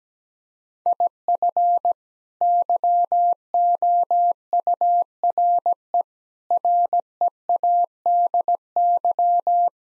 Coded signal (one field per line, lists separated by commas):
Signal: Morse code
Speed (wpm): 17 wpm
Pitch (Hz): 700 Hz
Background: none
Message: IF YOURE READY